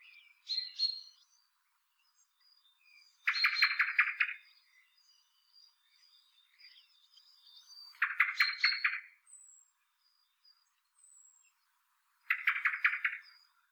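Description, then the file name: Common blackbird giving repeated rattling bursts of chattering notes, with thin, high whistled notes scattered between them. "Turdus merula"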